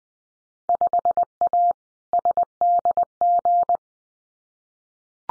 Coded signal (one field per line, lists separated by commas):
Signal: Morse code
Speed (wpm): 20 wpm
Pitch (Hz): 700 Hz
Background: none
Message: 5A SDG